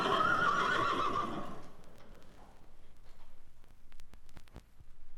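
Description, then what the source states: Horse giving a loud quavering whinny in the first second and a half, then quiet with scattered sharp clicks and knocks. Horses neighing in stalls.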